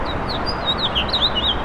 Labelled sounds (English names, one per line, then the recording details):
House Finch song
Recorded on Long Island, New York, on 7 June 2012
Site SU
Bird B